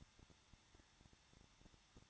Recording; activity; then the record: daily activity, microphone in the room; no activity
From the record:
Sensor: 3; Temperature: 21.2 degrees Celsius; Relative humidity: 36.4%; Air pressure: 1006.4 hPa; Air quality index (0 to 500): 223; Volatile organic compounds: 42 ppm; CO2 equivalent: 3186 ppm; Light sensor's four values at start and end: 2/3/2/2 and 2/3/2/2